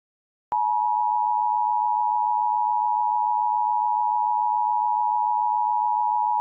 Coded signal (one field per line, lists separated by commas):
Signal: Emergency Alert System (SAME) tones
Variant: 853 and 960 Hz attention tone